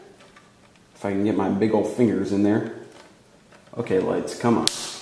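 The plastic connector on a white light wire is handled and pushed toward the terminal of a go-kart dashboard light switch, with faint small taps near 0.4 and 0.8 seconds. Someone talks through most of the clip. Nothing has seated or clicked yet.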